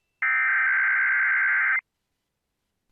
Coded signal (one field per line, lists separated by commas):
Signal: Emergency Alert System (SAME) tones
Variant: header bursts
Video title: The Test Show Episode 12: Melbournes Unexpected Return & Alert Ready Day - 11/15/2023